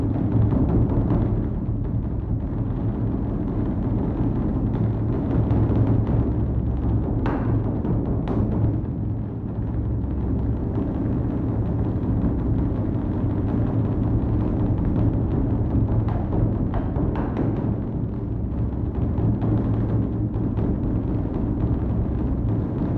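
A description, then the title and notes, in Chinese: Evening drumming at a temple in winter, a dense, continuous deep rumble of rapid strikes that holds at a steady loudness throughout. The sound is heavy and low with little brightness, and a few sharper knocks stand out around seven to eight seconds and again near seventeen. 梓路寺冬季暮鼓。本期声音最初于2019年初在黄山梓路寺采样。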